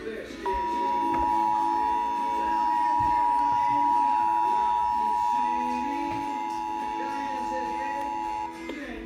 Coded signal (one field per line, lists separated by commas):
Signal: Emergency Alert System (SAME) tones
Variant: 853 and 960 Hz attention tone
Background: speech, music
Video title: EAS #246 Flash Flood Warning